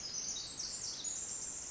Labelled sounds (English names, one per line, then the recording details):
Pacific Wren
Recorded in Sonoma County, California